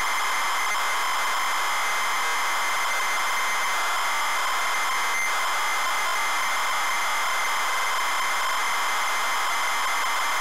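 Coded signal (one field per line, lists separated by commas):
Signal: ZX Spectrum tape loading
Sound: continuous harsh, buzzing data screech with steady raspy tone bands throughout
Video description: ZX Spectrum load up and quick game play of Terra Cresta loaded up using a zx spectrum +3 with a wh smith cpd8300 cassette player.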